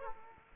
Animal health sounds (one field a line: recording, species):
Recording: mosquito wingbeat signal from an infrared sensor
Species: Aedes aegypti